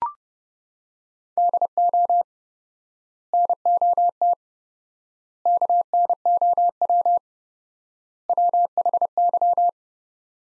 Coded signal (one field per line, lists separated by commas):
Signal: Morse code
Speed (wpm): 32 wpm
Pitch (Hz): 700 Hz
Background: none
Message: DO NOT KNOW WHY